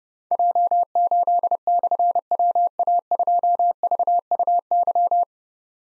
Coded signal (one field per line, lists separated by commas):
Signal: Morse code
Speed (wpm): 30 wpm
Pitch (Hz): 700 Hz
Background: none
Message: J8/WA2VUY